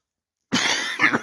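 After a brief silence, an adult man gives one harsh, noisy cough, made of a sustained expulsive burst followed by a short second push. He has a throat infection.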